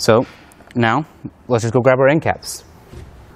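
A man talks while a plastic end cap is being handled before it is pressed onto the end of a Thule WingBar Evo roof rack crossbar on a 2019 Ram 2500. Nothing has seated or clicked yet.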